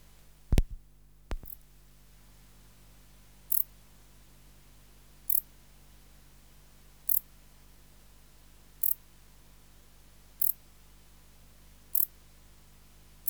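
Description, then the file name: Wart-biter song as sparse high clicks roughly every one and a half seconds, after a couple of dull thumps at the start. "Decticus verrucivorus"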